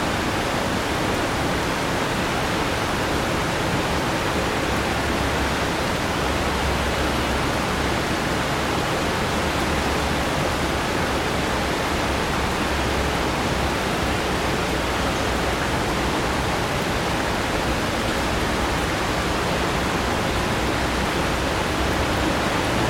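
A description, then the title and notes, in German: A relentless rainstorm pours down over central London in a dense, unbroken hiss that stays steady for the whole stretch. The sound is full, with a soft low rumble underneath and no separate events standing out. In dieser Episode haben wir einen unerbittlichen Regensturm im Zentrum von London eingefangen. Es ist 22 Uhr und der Regen prasselt herunter. Doch diese Geräusche werden von dem stetigen, rhythmischen Rauschen des Regens übertönt.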